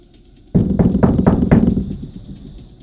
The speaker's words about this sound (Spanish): Pero entonces, alguien tocó la puerta.